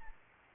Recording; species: mosquito wingbeat signal from an infrared sensor; Aedes albopictus